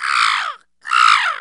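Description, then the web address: Crow giving two harsh, hoarse caws, each about half a second long, separated by a short silence. "ANIMALS CROW"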